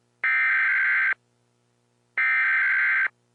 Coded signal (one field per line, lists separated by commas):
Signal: Emergency Alert System (SAME) tones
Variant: header bursts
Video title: Emergency Alert System Evil Santa Alert